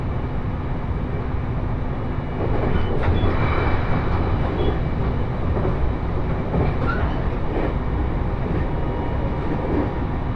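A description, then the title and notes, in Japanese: A train on the Joban Line runs steadily, its dense low rumble filling the whole clip. The noise swells a little after two seconds. Brief clanks and rattles come through around three, five and seven seconds, and a faint thin whine lingers underneath. 鉄道旅 常磐線 仙台→浜吉田。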